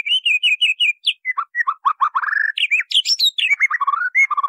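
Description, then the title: White-rumped Shama singing a fast, varied medley of clear whistles, quick repeated notes and downward-slurred phrases, with barely a pause throughout. Song used for training cage birds (masteran). "MASTERAN MURAI BATU LABAIK"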